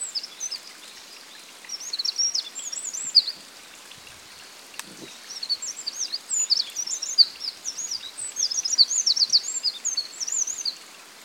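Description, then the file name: Eurasian wren song, rapid high trilling phrases delivered in bursts, with a single click near the middle and quiet background noise. "Troglodytes troglodytes"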